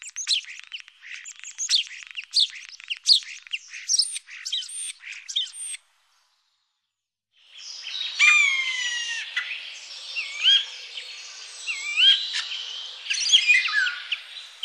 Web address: Etourneau. sansonnet